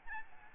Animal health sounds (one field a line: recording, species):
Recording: mosquito wingbeat signal from an infrared sensor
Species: Aedes albopictus